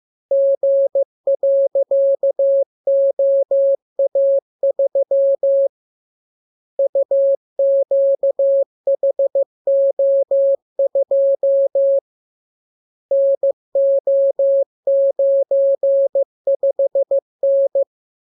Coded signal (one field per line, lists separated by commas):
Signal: Morse code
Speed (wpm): 15 wpm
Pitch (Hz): 550 Hz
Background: none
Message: G.OA3 UQHO2 NO95N